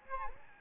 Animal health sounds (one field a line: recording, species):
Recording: mosquito wingbeat signal from an infrared sensor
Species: Aedes albopictus